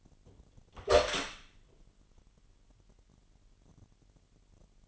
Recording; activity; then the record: daily activity, microphone in the room; open door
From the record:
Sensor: 4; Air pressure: 999.1 hPa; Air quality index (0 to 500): 118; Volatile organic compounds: 2 ppm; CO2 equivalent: 1170 ppm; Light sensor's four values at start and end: 12/29/11/12 and 12/31/12/13